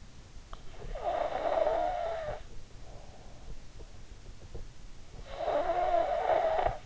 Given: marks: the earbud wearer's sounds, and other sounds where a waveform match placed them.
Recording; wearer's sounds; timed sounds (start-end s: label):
sounds in sleep by an in-ear microphone; snoring breath
0.75-2.57 s: snoring breath
5.24-6.86 s: snoring breath